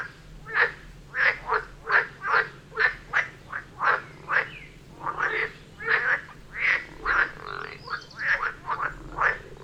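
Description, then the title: Frogs giving short, sharp croaks repeated rapidly in a fairly steady series, some calls overlapping. Frog chorus near Vellerner Brook in Neubeckum, recorded at 2pm, binaural recording. "Frog concert near Vellerner Brook in Neubeckum - 2pm"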